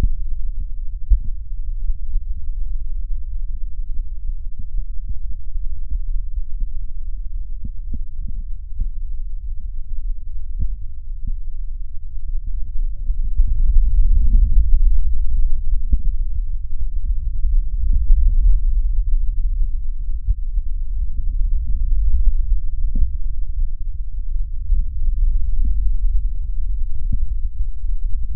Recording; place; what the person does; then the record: lung sounds by stethoscope; right posterior basal chest; quiet breathing, then deep breathing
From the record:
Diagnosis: pulmonary infection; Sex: male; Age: 74 years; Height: 171 cm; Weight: 80 kg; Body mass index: 27.4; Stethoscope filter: bell mode